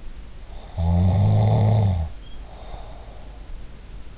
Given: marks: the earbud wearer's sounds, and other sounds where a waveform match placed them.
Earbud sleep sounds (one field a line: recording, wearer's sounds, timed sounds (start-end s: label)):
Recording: sounds in sleep by an in-ear microphone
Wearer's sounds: snoring breath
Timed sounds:
0.56-3.39 s: snoring breath